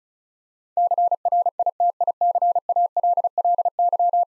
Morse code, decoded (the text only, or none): CRITICALLY